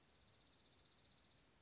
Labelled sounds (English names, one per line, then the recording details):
Dark-eyed Junco
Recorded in Sonoma County, California